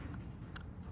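The second wiring harness plug is being handled and fitted toward the socket on the other side of a BA/BF 12.1-inch Kayhan Audio car stereo head unit. Steady low rumbling handling noise is heard, with a brief sharp tick at 0.6 s. Nothing has seated or clicked yet.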